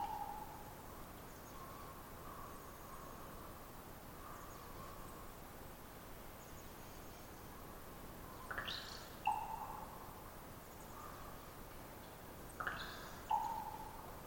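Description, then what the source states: Common raven producing two twittery-pop calls late, a buzzy twitter dropping into a ringing pop, after quiet stretches of background noise. Raven perched about 50 ft above the recordist, some distance away; long trilling twitter before the pop call; pop varies with location and population; gulps or beak snaps after pops.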